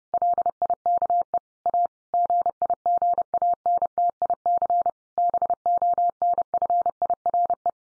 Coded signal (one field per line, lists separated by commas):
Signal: Morse code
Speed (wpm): 30 wpm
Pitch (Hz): 700 Hz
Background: none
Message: LIKE A GIGANTIC BONFIRE